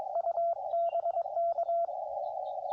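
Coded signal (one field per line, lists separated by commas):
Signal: Morse code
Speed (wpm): 22 wpm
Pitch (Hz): 680 Hz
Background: radio noise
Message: U BK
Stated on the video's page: CW contact during a Parks on the Air activation.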